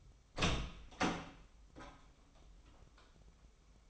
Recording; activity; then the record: daily activity, microphone in the room; open door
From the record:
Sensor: 1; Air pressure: 996.2 hPa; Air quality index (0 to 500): 35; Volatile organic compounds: 1 ppm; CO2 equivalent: 639 ppm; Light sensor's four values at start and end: 14/33/14/16 and 14/33/14/16